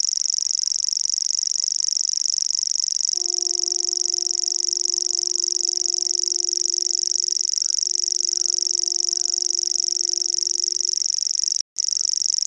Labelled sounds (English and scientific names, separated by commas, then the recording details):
Common Grasshopper Warbler (Locustella naevia) song
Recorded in the wild
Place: Zirkow, Insel Rügen, Mecklenburg-Vorpommern, DE
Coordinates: 54.377, 13.536
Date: 1975-06-06 20:45
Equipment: Nagra III BH, Sennheiser MD 21, parabola
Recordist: Schubert, Michael